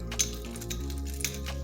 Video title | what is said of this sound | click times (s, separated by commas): How to re-key a lock and how to patch a crack! | then you take this piece and then you put it in this little hole and then you'll hear it click okay | 0.2 s